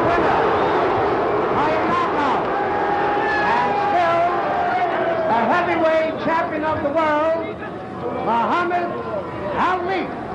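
A loud boxing crowd at the Ali–Liston fight whistles and boos without pause after Ali's first-round knockout win, a dense roar of voices cut through by shrill whistles sliding up and down in pitch.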